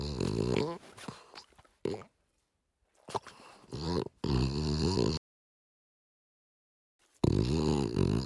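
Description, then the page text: French Bulldog producing bursts of rough, grunting snorts and short snuffles, broken by a silent pause before a final long rattling snort. "French Bulldog Snort Sequence. Quick Sounds"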